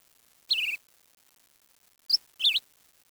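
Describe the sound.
Bird calls: a single descending chirp, then after a pause a short sharp note and a brief twisting chirp, all high-pitched in near silence.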